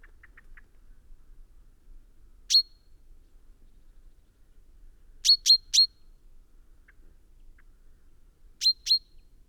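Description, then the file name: Common chaffinch call notes, a single sharp note, then a quick three-note run, then a closing pair, spaced by several seconds of quiet. "Fringilla coelebs"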